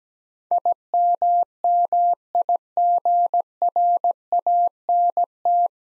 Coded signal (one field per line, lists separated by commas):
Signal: Morse code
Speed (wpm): 17 wpm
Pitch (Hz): 700 Hz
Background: none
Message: IMMIGRANT